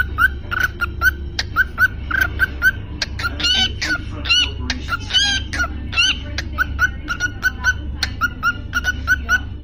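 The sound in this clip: Cockatiel calls: rapid, repeated short chirps mixed with harsher screechy notes, calling throughout.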